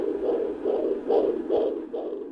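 Rhythmic whooshing pulses from a Doppler probe repeat steadily at about 140 a minute, with an even rhythm and no pauses. This is the baby's heartbeat at a 38-week pregnancy checkup, in the 140s and completely normal.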